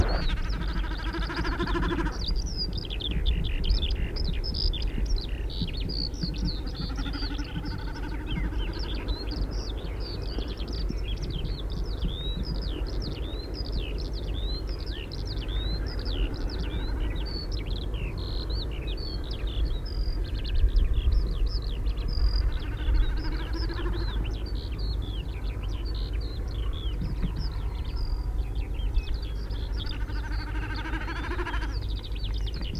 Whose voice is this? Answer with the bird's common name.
Common Snipe